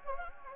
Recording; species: mosquito wingbeat signal from an infrared sensor; Anopheles gambiae